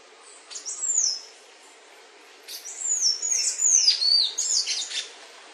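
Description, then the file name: Golden-chevroned tanager song: two phrases of thin, very high slurred notes, each sliding downward, separated by a pause of over a second. "canto do sanhaco de encontro amarelo"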